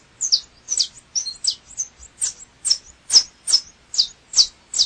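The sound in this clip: Double-collared seedeater song made of high, clipped, descending notes repeated about twice a second in an even, lively sequence.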